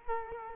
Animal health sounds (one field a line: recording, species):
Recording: mosquito wingbeat signal from an infrared sensor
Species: Culex quinquefasciatus